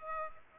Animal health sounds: mosquito wingbeat signal from an infrared sensor; Culex pipiens

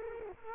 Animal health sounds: mosquito wingbeat signal from an infrared sensor; Culex quinquefasciatus

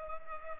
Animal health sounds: mosquito wingbeat signal from an infrared sensor; Culex pipiens

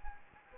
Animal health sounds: mosquito wingbeat signal from an infrared sensor; Anopheles gambiae

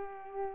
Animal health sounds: mosquito wingbeat signal from an infrared sensor; Culex pipiens

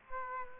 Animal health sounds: mosquito wingbeat signal from an infrared sensor; Aedes aegypti

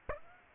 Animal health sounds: mosquito wingbeat signal from an infrared sensor; Aedes aegypti

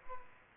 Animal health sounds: mosquito wingbeat signal from an infrared sensor; Aedes aegypti

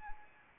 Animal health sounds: mosquito wingbeat signal from an infrared sensor; Anopheles arabiensis

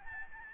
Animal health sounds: mosquito wingbeat signal from an infrared sensor; Aedes albopictus

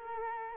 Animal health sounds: mosquito wingbeat signal from an infrared sensor; Culex quinquefasciatus

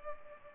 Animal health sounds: mosquito wingbeat signal from an infrared sensor; Culex pipiens

